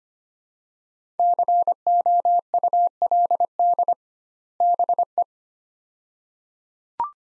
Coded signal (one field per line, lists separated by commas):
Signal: Morse code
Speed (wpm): 25 wpm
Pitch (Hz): 700 Hz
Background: none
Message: COULD BE